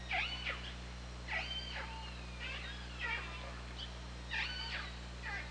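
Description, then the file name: Killer whale pulsed calls, a run of repeated harmonic calls over a steady low hum. Recorded on the OrcaLab hydrophone, 24 August 2017 at 21:38:47. "Orca Lab UTLN JASON 20170824 213847"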